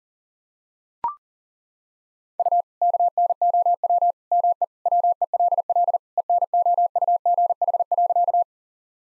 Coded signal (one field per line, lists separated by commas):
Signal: Morse code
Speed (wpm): 40 wpm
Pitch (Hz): 700 Hz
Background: none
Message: U KNOW ME WELL ENOUGH.